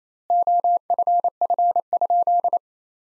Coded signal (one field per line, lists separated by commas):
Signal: Morse code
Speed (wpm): 28 wpm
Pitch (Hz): 700 Hz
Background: none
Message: OFF?